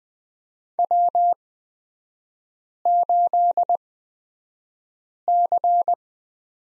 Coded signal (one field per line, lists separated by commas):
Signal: Morse code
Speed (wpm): 20 wpm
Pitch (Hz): 700 Hz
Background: none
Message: W8C